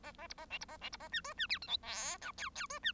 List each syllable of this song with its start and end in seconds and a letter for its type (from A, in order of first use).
0.03-0.12 A, 0.18-0.27 A, 0.29-0.34 B, 0.38-0.46 A, 0.50-0.58 C, 0.61-0.65 B, 0.68-0.77 A, 0.81-0.89 C, 0.92-0.97 B, 1.00-1.08 A, 1.12-1.21 D, 1.24-1.33 E, 1.37-1.47 D, 1.49-1.58 F, 1.62-1.67 G, 1.67-1.77 H, 1.82-2.17 I, 2.21-2.32 J, 2.37-2.50 K, 2.55-2.66 K, 2.69-2.79 E, 2.83-2.92 D